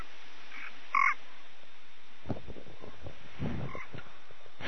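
Physalaemus nanus frog producing a single short, bright call early on, followed by low rumbling knocks and faint frog calls.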